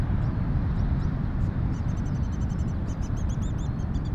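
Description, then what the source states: Eurasian skylark song, high thin chirps and trills, sparse at first and growing busier toward the end, over a heavy continuous roar of surf. Skylarks singing north of Bude, Cornwall, with distant thundering surf.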